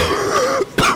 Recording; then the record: coughing mixed with background sound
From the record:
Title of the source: Coughing 46